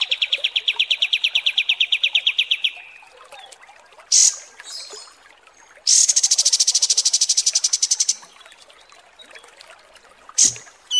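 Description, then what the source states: Kapas tembak song: two runs of rapid, high rattling notes, each followed by a sharp single note. Masteran (song-training) recording of kapas tembak song, described as mewah.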